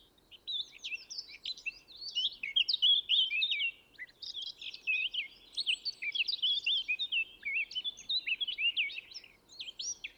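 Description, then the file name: Eurasian blackcap song: a fast, continuous scratchy warble of varied chirps and short whistles, running almost unbroken throughout with faint low background hum. "Sylvia atricapilla"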